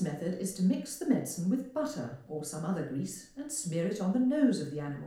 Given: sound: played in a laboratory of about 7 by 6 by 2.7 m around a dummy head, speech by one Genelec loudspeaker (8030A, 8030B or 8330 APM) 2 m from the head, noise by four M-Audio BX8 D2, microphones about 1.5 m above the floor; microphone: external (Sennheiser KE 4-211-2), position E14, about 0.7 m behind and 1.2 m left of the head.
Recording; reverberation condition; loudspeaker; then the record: female speech in English; medium; behind (180 degrees)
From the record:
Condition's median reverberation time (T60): about 510 ms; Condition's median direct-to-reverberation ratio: about -0.5 dB